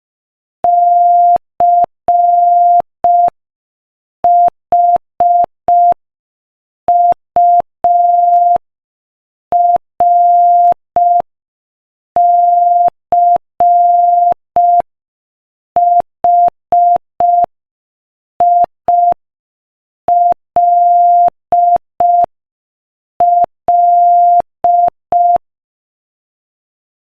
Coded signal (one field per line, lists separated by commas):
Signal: Morse code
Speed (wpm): 5 wpm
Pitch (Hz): 700 Hz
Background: none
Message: CHURCHILL